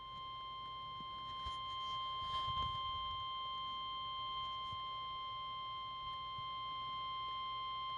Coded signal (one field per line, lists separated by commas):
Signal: Emergency Alert System (SAME) tones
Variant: 1050 Hz attention tone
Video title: EAS #2: Severe Thunderstorm Warning #2 | May 28th, 2024